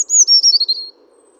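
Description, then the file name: European robin song phrase: a high thin whistled note sliding gradually downward, broken into a quick run of short pulses lasting under a second, then quiet. "Erithacus rubecula"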